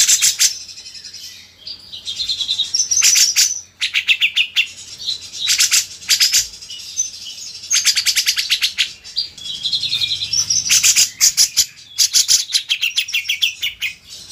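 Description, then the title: Grey-cheeked Bulbul song: loud, harsh, high-pitched chatter delivered in rapid stuttering bursts, alternating with softer warbled notes, continuing almost without break. Masteran: a training recording used to teach songbirds. "MASTERAN CUCAK JENGGOT"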